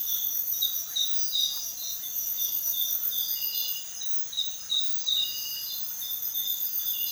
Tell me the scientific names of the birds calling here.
none